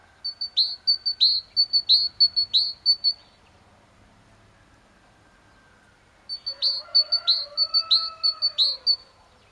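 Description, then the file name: Great tit calling: bright, high, clipped notes, each group ending in a short downslurred note, repeated in a quick bouncy series, pausing, then resuming beside fainter lower drawn-out tones. "Parus major"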